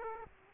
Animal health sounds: mosquito wingbeat signal from an infrared sensor; Aedes aegypti

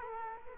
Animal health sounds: mosquito wingbeat signal from an infrared sensor; Culex quinquefasciatus

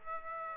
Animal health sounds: mosquito wingbeat signal from an infrared sensor; Aedes aegypti

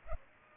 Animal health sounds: mosquito wingbeat signal from an infrared sensor; Aedes aegypti

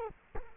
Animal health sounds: mosquito wingbeat signal from an infrared sensor; Culex quinquefasciatus

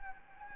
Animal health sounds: mosquito wingbeat signal from an infrared sensor; Anopheles gambiae

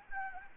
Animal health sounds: mosquito wingbeat signal from an infrared sensor; Anopheles gambiae

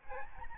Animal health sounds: mosquito wingbeat signal from an infrared sensor; Aedes albopictus

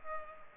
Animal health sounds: mosquito wingbeat signal from an infrared sensor; Culex pipiens

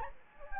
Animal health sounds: mosquito wingbeat signal from an infrared sensor; Anopheles gambiae

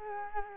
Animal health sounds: mosquito wingbeat signal from an infrared sensor; Culex quinquefasciatus

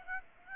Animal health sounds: mosquito wingbeat signal from an infrared sensor; Aedes aegypti

